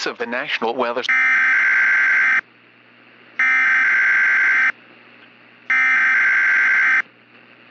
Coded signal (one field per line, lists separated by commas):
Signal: Emergency Alert System (SAME) tones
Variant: header bursts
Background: speech